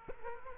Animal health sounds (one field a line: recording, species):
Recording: mosquito wingbeat signal from an infrared sensor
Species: Culex quinquefasciatus